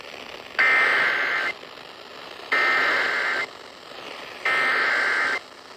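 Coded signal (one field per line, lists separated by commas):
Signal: Emergency Alert System (SAME) tones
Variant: header bursts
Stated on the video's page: Flash flood warning relayed on a broadcast station.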